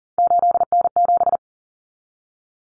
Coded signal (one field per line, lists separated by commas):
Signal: Morse code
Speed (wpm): 40 wpm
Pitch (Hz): 700 Hz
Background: none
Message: 8N7